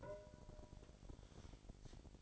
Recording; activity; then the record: daily activity, microphone in the room; take from stove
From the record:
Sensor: 5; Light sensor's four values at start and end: 51/115/50/54 and 52/119/51/54